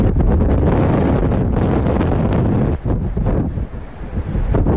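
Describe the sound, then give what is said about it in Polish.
Loud, roaring hurricane wind buffets the microphone while heavy waves up to 18 metres high crash with great force against the coast of Great Britain, a dense, continuous rumble that briefly dips before surging back at full force. “W Wielkiej Brytanii wywołał fale sięgające 18 metrów, które z olbrzymią siłą uderzały w wybrzeże.”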